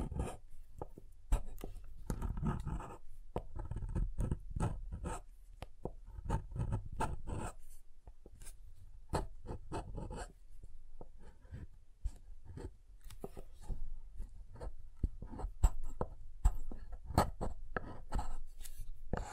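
Soap being tapped and carved, a constant run of small scratchy scrapes and clicks with no real pauses. Dense, uneven strokes with a soft low thud under many of them, heavier in the first half, and a few sharper, brighter taps near the end.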